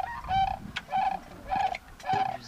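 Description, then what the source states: Lesser Sandhill Cranes calling, four loud rolling trumpeting calls at a steady pace. Lesser subspecies; about 35,000 stop each spring outside Othello, central Washington, resting and feeding on harvest leftovers while migrating from California to Alaska.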